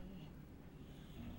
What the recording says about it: My dog snoring on the couch as per usual. It's late at night, so she's nice and tired.